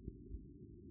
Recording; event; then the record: neck accelerometer signal played as sound; no cough (speech, laughter, throat clearing or background)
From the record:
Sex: male